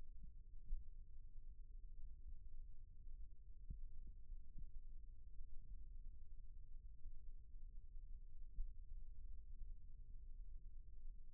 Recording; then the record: forearm muscle sounds (acoustic myography)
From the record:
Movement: rest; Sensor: system 1, eight BSWA MPA416 microphones around the upper forearm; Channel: 8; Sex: male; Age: 28 years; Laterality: right